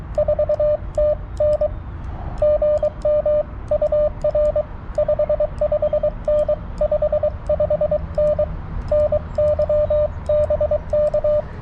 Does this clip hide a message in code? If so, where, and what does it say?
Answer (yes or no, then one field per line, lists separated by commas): yes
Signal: Morse code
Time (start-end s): 0.2-11.4 s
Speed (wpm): 23 wpm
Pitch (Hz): 600 Hz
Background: radio noise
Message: 4TN GM UR 55N 55N NY BK